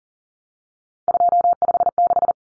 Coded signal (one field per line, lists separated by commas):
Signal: Morse code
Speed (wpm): 40 wpm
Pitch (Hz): 700 Hz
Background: none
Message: 256